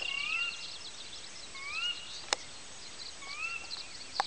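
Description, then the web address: Sora calling a rising whistled note three times, about every one and a half seconds, over steady high background noise and two sharp clicks. Nominate subspecies carolina. "porzana carolina carolina"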